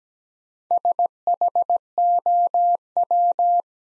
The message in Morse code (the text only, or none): SHOW